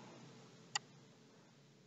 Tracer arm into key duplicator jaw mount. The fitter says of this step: and when it goes all the way in you're gonna hear this snap